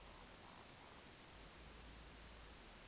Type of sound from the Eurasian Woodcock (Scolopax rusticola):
whistle, croak